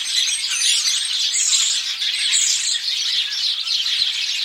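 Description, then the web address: Bird calls in a dense chorus of chirps and twitters, with high thin whistled notes repeating about once a second over a steady background of many birds. "Deverinetal 2025. Bird Only"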